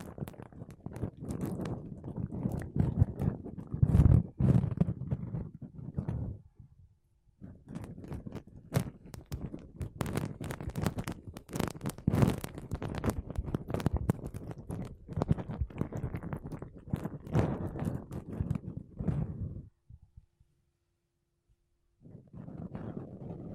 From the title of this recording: Mic Brushing Using Makeup Brushes and Sponge